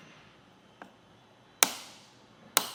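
A torque-limiting tool tightens the bottom bolt of a Yakima SkyLine roof rack tower on a 2024 Subaru Crosstrek. A faint tick comes at 0.8 s, then two sharp, loud clicks at 1.6 s and 2.6 s. This confirms the tool has clicked at its torque setting.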